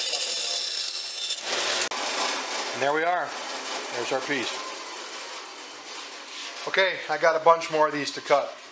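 A freshly cut wooden spool dowel is handled near its hole in a Depression-era mahogany sewing cabinet. A steady broadband rustle fills the first second and a half, then someone talks over quieter handling noise. Nothing has seated or clicked yet.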